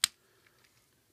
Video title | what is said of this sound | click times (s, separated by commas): Transformers Rescue Bots Chase and Boulder Dinobot Review | but once it unsnaps you just rotate these back and this whole section will go | 0.0 s